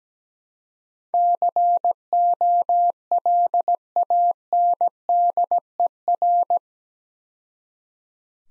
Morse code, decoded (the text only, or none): COLANDER